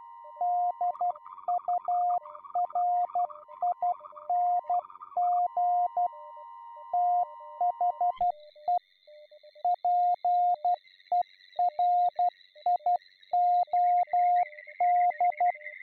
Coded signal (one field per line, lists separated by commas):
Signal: Morse code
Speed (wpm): 12 wpm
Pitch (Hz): 710 Hz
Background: music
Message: DURING THE PERIOD